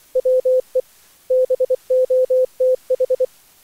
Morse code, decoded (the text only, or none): WE BOTH